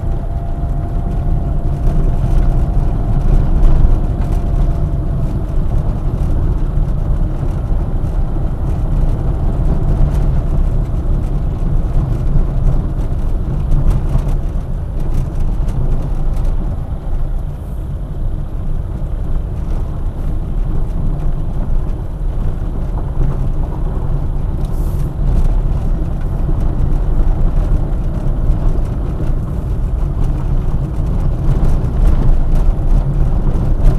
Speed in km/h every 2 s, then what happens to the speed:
28, 26, 26, 26, 29, 27, 25, 23, 21, 19, 17, 16, 25, 26, 25, 26, 25.
0-9 steady at about 26. 9-21 slows to 16. 23-25 speeds up to 26. 25-34 steady at about 25.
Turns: 8-15, 15-24.